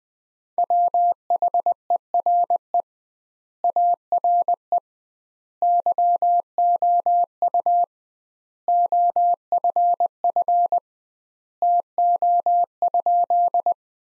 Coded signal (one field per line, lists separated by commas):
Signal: Morse code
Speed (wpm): 20 wpm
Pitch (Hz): 700 Hz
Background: none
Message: WHERE ARE YOU OFF TO?